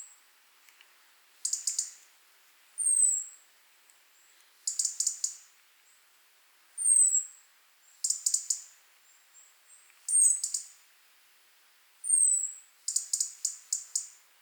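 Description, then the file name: European robin: clusters of rapid sharp tick notes interspersed with thin, high, downward-sliding whistles. "Erithacus rubecula"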